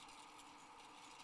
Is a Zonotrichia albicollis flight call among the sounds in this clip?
no